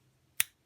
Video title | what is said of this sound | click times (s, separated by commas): How to remove new and old style P365 striker assembly | you'll hear it click | 0.4 s